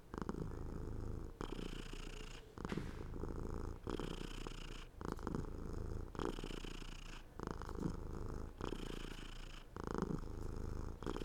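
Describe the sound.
Domestic cat purring steadily in a low rumbling drone, broken by brief regular pauses for breath.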